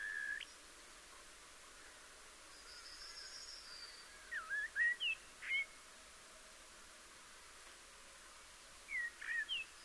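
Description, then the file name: Eurasian blackbird singing short mellow whistled notes in a few brief bursts separated by several seconds of quiet, with a faint high squeaky trail. "Turdus merula"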